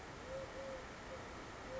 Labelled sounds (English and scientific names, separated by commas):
Eurasian Collared Dove (Streptopelia decaocto)